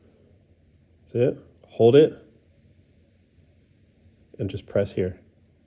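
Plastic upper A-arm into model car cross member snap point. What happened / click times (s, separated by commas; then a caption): The plastic arm is being positioned and pressed, not yet snapped home / none. A small plastic upper A-arm bar is lined up with the snap point on the cross member of an OzoneMinis Gen 2 lowrider model-car hydraulic front setup and held ready to be pressed down. Someone talks in two short bursts around 1.2–2.3 s and 4.4–5.2 s over an otherwise quiet background. Nothing has seated or clicked yet.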